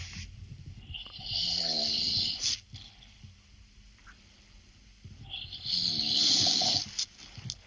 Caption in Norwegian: Det høres ut som et dyr som snorker.